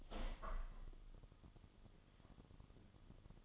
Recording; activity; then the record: daily activity, microphone in the room; open window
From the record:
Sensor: 4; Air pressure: 1005.5 hPa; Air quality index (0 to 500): 98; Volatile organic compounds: 2 ppm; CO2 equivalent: 1217 ppm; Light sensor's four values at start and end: 13/29/11/11 and 13/29/11/11